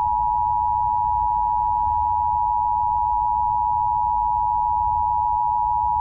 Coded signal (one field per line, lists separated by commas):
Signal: Emergency Alert System (SAME) tones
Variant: 853 and 960 Hz attention tone